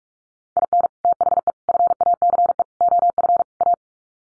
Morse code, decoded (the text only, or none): IN THE FACE OF A